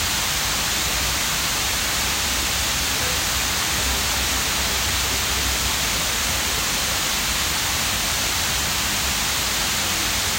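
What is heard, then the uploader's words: A fountain pours with a steady, dense hiss of falling water, bright and unbroken, with a faint low rumble underneath throughout. Was by this fountain and it was really nice and calming so i recorded it.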